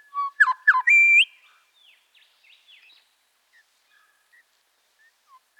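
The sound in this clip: Grey shrike-thrush song: a loud burst of rich whistled notes in the first second or so, ending in a rising, sustained whistle, then faint scattered notes.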